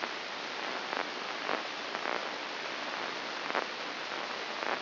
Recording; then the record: brain microelectrode recording played as sound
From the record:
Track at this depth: inside the subthalamic nucleus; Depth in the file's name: 3.202 mm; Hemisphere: right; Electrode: 2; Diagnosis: Parkinson's disease